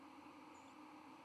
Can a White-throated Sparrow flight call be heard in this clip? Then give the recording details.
yes. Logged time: 09:33 on 31 October 2014